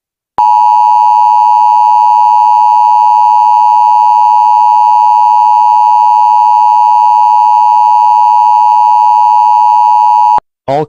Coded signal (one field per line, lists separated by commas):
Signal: Emergency Alert System (SAME) tones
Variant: 853 and 960 Hz attention tone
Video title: EAS Scenario #5: The Fog Is Coming... [Remastered]